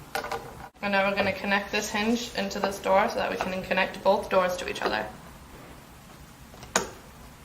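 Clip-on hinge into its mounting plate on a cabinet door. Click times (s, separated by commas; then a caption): 0.2 s. A metal clip-on hinge arm is pushed down onto its mounting plate on a Lazy Susan cabinet door and clicks into place at 0.2 s, seating the hinge. Someone then talks from about 0.8 to 5 seconds, and another sharp click is heard at 6.8 s.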